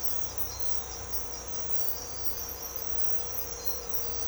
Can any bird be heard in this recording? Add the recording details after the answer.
no. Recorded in secondary vegetation near Puerto Asís, Putumayo, Colombia, on 16 December 2024 at 06:00. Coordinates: 0.502, -76.326. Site G028